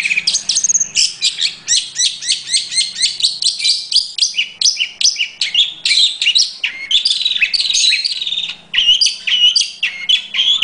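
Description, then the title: Long-tailed Shrike singing a fast, nearly continuous stream of scratchy, chirping high notes, with one brief break late in the phrase. Combination song. "Kicau Pentet Kombinasi"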